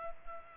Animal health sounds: mosquito wingbeat signal from an infrared sensor; Culex pipiens

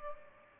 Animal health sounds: mosquito wingbeat signal from an infrared sensor; Aedes albopictus

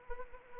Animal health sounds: mosquito wingbeat signal from an infrared sensor; Anopheles arabiensis

